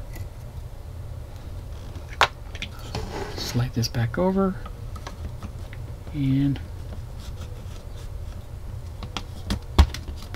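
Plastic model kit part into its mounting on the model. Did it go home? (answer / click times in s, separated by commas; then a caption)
yes / 9.2 s, 9.8 s. A plastic part of a buildable model kit is pressed by hand into its mounting on the model, and someone talks while it is handled. Sharp clicks at 9.2 s and 9.8 s mark the part snapping into place, and it is confirmed seated.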